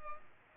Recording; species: mosquito wingbeat signal from an infrared sensor; Culex pipiens